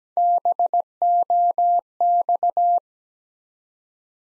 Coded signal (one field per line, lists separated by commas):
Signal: Morse code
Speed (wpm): 17 wpm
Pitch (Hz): 700 Hz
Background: none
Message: BOX